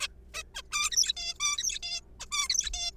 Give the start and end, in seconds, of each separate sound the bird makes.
0.01-0.08, 0.34-0.43, 0.55-0.62, 0.73-0.90, 0.91-1.12, 1.17-1.34, 1.40-1.57, 1.58-1.79, 1.83-2.01, 2.20-2.25, 2.32-2.48, 2.50-2.71, 2.74-2.91